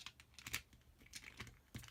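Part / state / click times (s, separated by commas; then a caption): adhesive tape refill cassette into dispenser housing / not seated / none. A tape-runner adhesive refill cassette, its yellow tab already pulled, is handled against its plastic dispenser case, making a series of small, dry, crinkly plastic clicks and taps. The sharpest ones come at 0.5 s and near the end. The clip stops before the refill snaps in, so nothing has seated yet.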